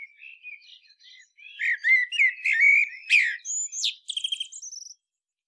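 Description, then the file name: Common blackbird song, mellow low fluted warbles building into louder phrases, ending in a high twittering trill that stops abruptly. "Turdus merula"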